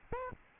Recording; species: mosquito wingbeat signal from an infrared sensor; Aedes albopictus